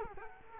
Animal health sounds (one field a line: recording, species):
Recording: mosquito wingbeat signal from an infrared sensor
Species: Culex quinquefasciatus